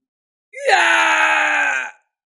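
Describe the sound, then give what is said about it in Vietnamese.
A man lets out one loud, strained scream of pain as a golden war spear pierces his back, rising sharply at the start, then held for about a second and a half before it breaks off into silence. “Kim Xích Tiêu hét thảm, bị hoàng kim chiến mâu xuyên thấu kéo đi bay ra ngàn trượng, ghim trên vách núi phía trước.”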